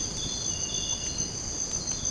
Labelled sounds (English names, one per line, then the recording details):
none
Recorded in secondary vegetation near Puerto Asís, Putumayo, Colombia, on 19 March 2025 at 02:30
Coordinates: 0.481, -76.318
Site G097